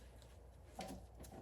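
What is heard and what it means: A distributor cap on a 1985 Chevy Caprice Classic, lined up so each plug wire sits over a contact point, is handled by hand as it is pushed down toward the distributor housing for its spring hold-down clip. Low handling noise is heard, with faint ticks near 0.2 and 1.3 seconds and a slightly louder rustle around 0.8 seconds. Nothing has clicked or seated yet.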